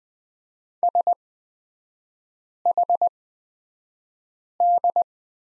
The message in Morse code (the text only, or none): SHD